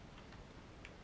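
A plastic hub cover is pressed onto the wheel hub of a Backfire Ranger X1 electric unicycle while the second side is being refitted after a tire swap. Faint ticks come through a low background, followed by a sharp, bright click at 0.9 s as the cover snaps into place. The cover is seated correctly.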